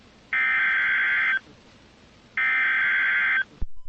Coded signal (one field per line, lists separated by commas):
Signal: Emergency Alert System (SAME) tones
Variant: header bursts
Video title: Tornado Warning for Gouldsboro, PA on WXL43 (EAS #329)